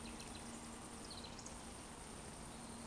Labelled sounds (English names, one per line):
Eurasian Woodcock whistle